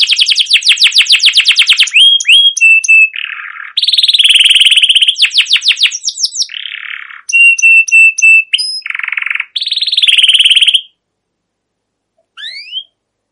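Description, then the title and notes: Canary song in a long string of rolling trills, buzzy phrases and short repeated piping notes, stopping abruptly before one brief rising chirp near the end. Long continuous canary chirping used as a lure to stimulate young canaries to sing and learn song. "CUIT CUIT NGEROL LANGSUNG GACOR PANJANG Kenari Ini Utk Pancingan KENARI PAUD BELAJAR BUNYI. burung kenari"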